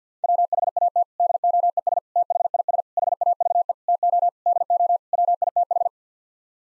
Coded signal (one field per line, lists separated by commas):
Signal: Morse code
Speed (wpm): 50 wpm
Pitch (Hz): 700 Hz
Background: none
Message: WHAT DOES THIS HAVE TO DO WITH